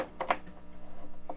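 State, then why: Not seated. A plastic power cable connector for the upgraded graphics card is lined up and handled at its power socket inside the tower of a 2009 Mac Pro 5,1. Brief plastic rattles and knocks come near 0.2 and 0.3 s, followed by a faint, steady pulsing hum. Nothing has seated or clicked in yet.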